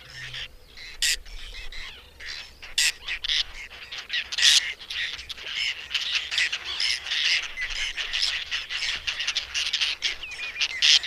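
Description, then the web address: Whiskered tern giving harsh, rasping calls, many overlapping in a busy, continuous chorus of grating notes throughout. "agykontroll Madardalok Cd 3. Fattyúszerkő"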